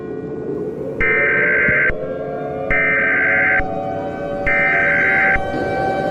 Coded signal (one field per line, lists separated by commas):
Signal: Emergency Alert System (SAME) tones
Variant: header bursts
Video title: an EAS SHORT: Nola the goanimator shutting my down